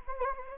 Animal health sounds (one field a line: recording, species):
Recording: mosquito wingbeat signal from an infrared sensor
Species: Anopheles gambiae